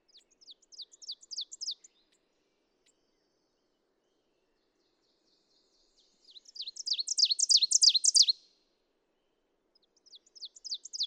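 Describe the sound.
Ovenbird song heard three times: a short run at the start, then a loud burst of repeated high 'teacher' phrases, and another song beginning at the end.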